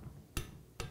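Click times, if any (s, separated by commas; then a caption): 0.4 s. A click torque wrench tightens the other connecting rod bolt on an AeroVee engine's connecting rod assembly to 15 lb-ft as the second tightening step. It gives a sharp click at 0.4 s, which confirms the torque is reached. A second short tick follows at 0.8 s over a low background hum.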